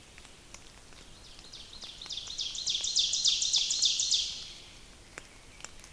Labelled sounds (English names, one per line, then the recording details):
Ovenbird song
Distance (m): 45 m
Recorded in boreal forest in Alberta, Canada, on 29 May 2016 at 08:23
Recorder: SongMeter 3, array SBT-3-49
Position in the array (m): 113 m, 253 m
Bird 14